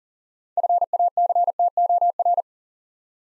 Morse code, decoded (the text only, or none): FACTOR